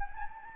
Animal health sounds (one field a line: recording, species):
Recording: mosquito wingbeat signal from an infrared sensor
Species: Anopheles gambiae